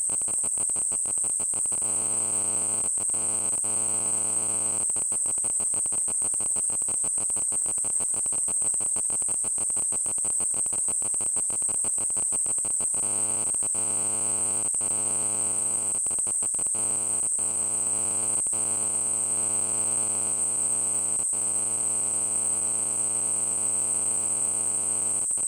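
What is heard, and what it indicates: Simulated tinnitus: a continuous high-pitched tone near 8 kHz, with a rapidly pulsing, buzzing low-pitched tone beneath it that breaks off briefly at intervals.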